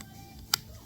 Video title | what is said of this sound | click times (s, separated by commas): HOW TO REMOVE OR INSTALL EYELETS FROM WOOD, THE SIMPLE WAY. | let's say you tighten the drill and you're like it slips if you go backwards it clicks you hear that | 0.5 s